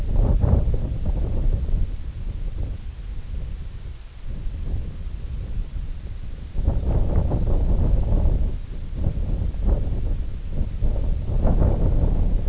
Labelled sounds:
unidentified sound
White-rumped Sandpiper
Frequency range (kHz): White-rumped Sandpiper 3.0-4.2 kHz
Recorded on Arctic tundra, site IGLO-D, on 20 June 2018
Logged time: 16:00

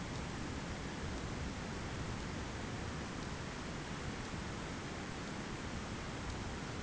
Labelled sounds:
none
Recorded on Arctic tundra, site ZACK-1, on 15 June 2019
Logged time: 21:49

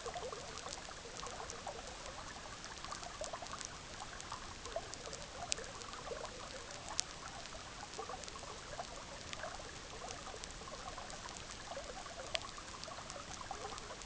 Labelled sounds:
none
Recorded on Arctic tundra, site EABA-MC, on 18 June 2019
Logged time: 06:00

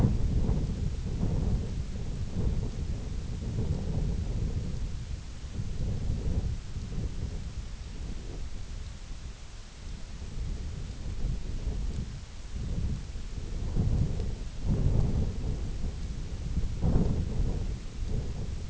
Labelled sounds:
none
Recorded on Arctic tundra, site IGLO-F, on 20 June 2018
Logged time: 16:00

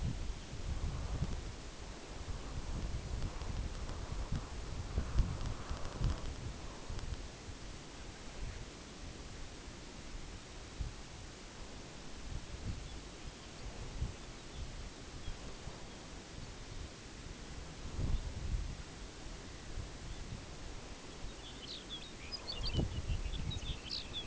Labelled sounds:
unidentified sound
Lapland Longspur
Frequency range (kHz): Lapland Longspur 1.8-6.9 kHz
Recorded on Arctic tundra, site UTQI-5, on 14 June 2019
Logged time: 04:00

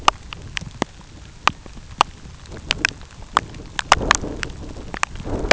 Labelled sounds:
none
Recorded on Arctic tundra, site UTQI-2, on 13 June 2019
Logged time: 12:00

